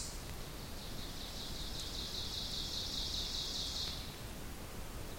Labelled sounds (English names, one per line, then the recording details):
Ovenbird song
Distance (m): 60 m
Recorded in boreal forest in Alberta, Canada, on 2 June 2016 at 06:47
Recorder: SongMeter 3, array SBT-3-7
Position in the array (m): 275 m, 68 m
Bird 6